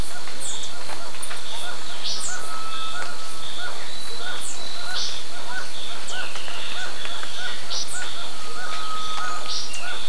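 Bird calls: rapid repeated short chirps with buzzy higher bursts and occasional long level whistles, over steady background noise.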